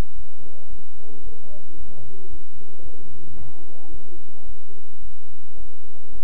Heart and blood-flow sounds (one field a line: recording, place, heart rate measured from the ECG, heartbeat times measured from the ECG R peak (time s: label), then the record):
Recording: heart sounds by stethoscope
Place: between the tricuspid and mitral areas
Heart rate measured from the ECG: 111 bpm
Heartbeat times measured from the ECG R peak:
0.15 s: heartbeat
0.69 s: heartbeat
1.24 s: heartbeat
1.77 s: heartbeat
2.30 s: heartbeat
2.83 s: heartbeat
3.36 s: heartbeat
3.91 s: heartbeat
4.46 s: heartbeat
5.02 s: heartbeat
5.57 s: heartbeat
6.12 s: heartbeat
From the record:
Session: bicycle stress test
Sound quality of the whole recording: good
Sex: male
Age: 23 years